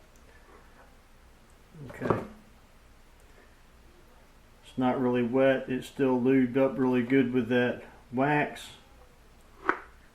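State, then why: Seated. A knife is pushed into a freshly wet-formed, waxed leather sheath. After some handling noise around 2 seconds and someone talking from about 4.8 to 8.7 seconds, the formed retention snaps the knife into place with a sharp click at 9.7 seconds.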